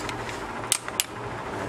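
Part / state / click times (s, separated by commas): torque wrench on wheel lug nut / torque reached / 0.7 s, 1.0 s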